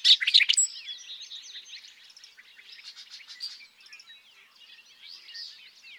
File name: Bobolink